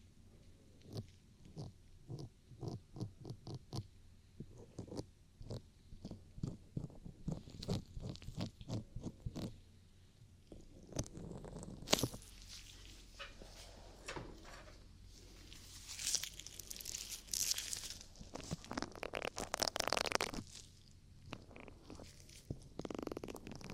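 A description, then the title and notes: Ear cleaning sounds, starting with a quick run of short, crisp clicks and taps about every half second. After roughly twelve seconds it turns into denser scratchy rubbing and rustling with brighter bursts, over a faint steady low hum. ASMR Ear Cleaning For Deep Relaxation & Tingles [ NO TALKING ].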